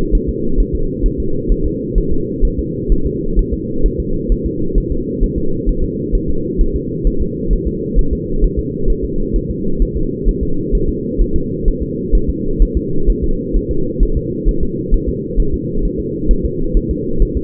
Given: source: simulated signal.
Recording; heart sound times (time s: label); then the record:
fetal heart sounds
0.15 s: S1
0.29 s: S2
0.60 s: S1
0.75 s: S2
1.06 s: S1
1.20 s: S2
1.52 s: S1
1.66 s: S2
1.98 s: S1
2.12 s: S2
2.45 s: S1
2.59 s: S2
2.92 s: S1
3.07 s: S2
3.39 s: S1
3.54 s: S2
3.86 s: S1
4.00 s: S2
4.32 s: S1
4.46 s: S2
4.78 s: S1
4.92 s: S2
5.23 s: S1
5.38 s: S2
5.69 s: S1
5.84 s: S2
6.15 s: S1
6.30 s: S2
6.61 s: S1
6.76 s: S2
7.07 s: S1
7.22 s: S2
7.53 s: S1
7.67 s: S2
7.99 s: S1
8.13 s: S2
8.44 s: S1
8.59 s: S2
8.90 s: S1
9.05 s: S2
9.36 s: S1
9.50 s: S2
9.82 s: S1
9.97 s: S2
10.29 s: S1
10.43 s: S2
10.75 s: S1
10.89 s: S2
11.21 s: S1
11.36 s: S2
11.68 s: S1
11.83 s: S2
12.15 s: S1
12.30 s: S2
12.62 s: S1
12.77 s: S2
13.10 s: S1
13.24 s: S2
13.56 s: S1
13.71 s: S2
14.03 s: S1
14.17 s: S2
14.49 s: S1
14.63 s: S2
14.94 s: S1
15.09 s: S2
15.40 s: S1
15.54 s: S2
15.85 s: S1
16.00 s: S2
16.31 s: S1
16.45 s: S2
16.77 s: S1
16.91 s: S2
17.22 s: S1
17.37 s: S2
From the record:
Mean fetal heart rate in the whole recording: 130 bpm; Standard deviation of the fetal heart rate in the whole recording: 2 bpm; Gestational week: 38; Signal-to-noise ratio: -8.1 dB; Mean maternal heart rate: 72 bpm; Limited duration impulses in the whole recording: absent